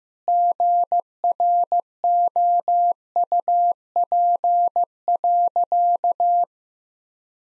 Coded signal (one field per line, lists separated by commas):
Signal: Morse code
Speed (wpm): 16 wpm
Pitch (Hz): 700 Hz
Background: none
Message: GROUP.